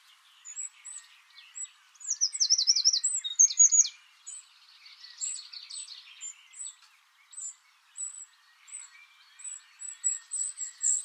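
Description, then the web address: Bird giving busy high-pitched chirps, with a loud trilled burst around two to four seconds, then scattered short thin notes repeated irregularly to the end. "cianscape birddata Deverinetal 2025. Bird Only"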